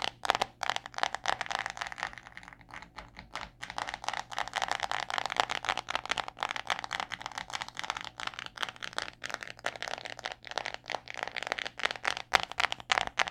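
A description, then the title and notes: Fingers tap quickly and irregularly on a cellphone screen and case, dense light clicks throughout over a faint steady low hum. Phone Tapping ASMR (no speaking). In this week`s ASMR video I am tapping on my cellphone (screen and phone case).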